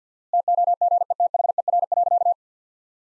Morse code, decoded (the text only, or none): TOGETHER.